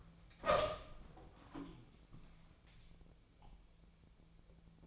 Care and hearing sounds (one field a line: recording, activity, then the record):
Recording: daily activity, microphone in the room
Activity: open door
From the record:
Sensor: 1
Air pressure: 1000.5 hPa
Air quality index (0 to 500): 180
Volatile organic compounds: 4 ppm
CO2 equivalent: 1666 ppm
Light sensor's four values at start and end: 13/30/12/14 and 13/31/13/15